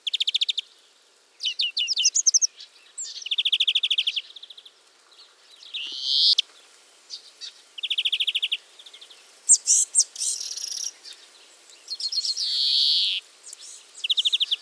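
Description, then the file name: European greenfinch calls: fast dry trilled twitters alternating with long buzzy wheezes, repeated throughout with short pauses. "Chloris chloris"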